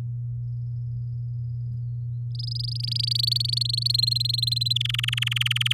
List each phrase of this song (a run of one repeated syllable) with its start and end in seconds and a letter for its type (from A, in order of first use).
2.35-3.96 A, 3.98-4.73 B, 4.75-5.73 C